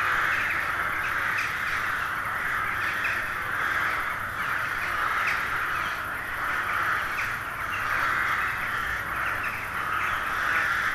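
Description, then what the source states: Crows calling as a dense, continuous chorus of overlapping harsh caws, swelling and fading gently throughout with no pauses. Hundreds of crows gathering at dusk in winter to settle for the night in a poplar wood at Neuflize.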